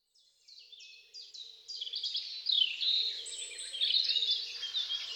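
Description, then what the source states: Birds singing after a short silence, a series of high descending notes building into dense, busy song, with a faint low warble beneath. Birds singing at dawn.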